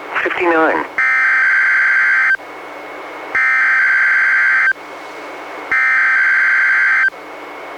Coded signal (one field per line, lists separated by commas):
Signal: Emergency Alert System (SAME) tones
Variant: header bursts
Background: speech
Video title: EAS #181-182: 2 NWR Required Weekly Tests- July 12-19, 2017